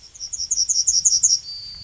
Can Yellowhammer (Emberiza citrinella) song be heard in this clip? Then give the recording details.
yes. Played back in forest. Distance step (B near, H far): B. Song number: 026